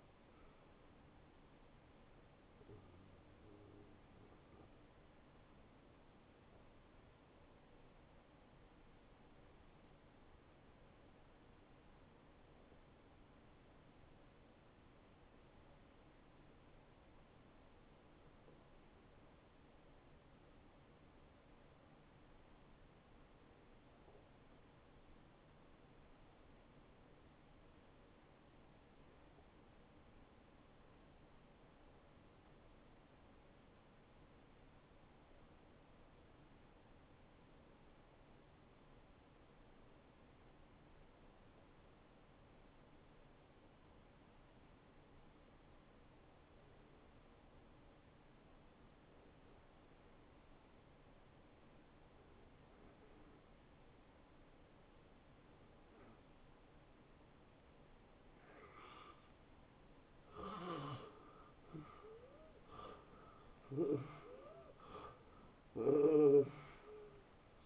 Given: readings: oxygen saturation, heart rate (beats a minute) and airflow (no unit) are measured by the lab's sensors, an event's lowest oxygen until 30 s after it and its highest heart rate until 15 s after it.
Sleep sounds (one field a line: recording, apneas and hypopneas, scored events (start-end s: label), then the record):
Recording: breathing in sleep by a voice recorder at the bedside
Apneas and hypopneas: 1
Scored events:
2.00-32.00 s: new sleep stage, N1 (lightest sleep)
4.00-60.80 s: hypopnea (N1, oxygen 94% highest, then 74% lowest, heart rate 83 at the start, 90 highest)
32.00-62.00 s: new sleep stage, N2 (light sleep)
62.00-67.66 s: new sleep stage, N1 (lightest sleep)
From the record:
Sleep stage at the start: N2 (light sleep)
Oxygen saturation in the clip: 77 to 94%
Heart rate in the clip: 70 to 86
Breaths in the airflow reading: 14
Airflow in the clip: -20.7 to 10.0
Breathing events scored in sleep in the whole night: 263 in 5.5 hours asleep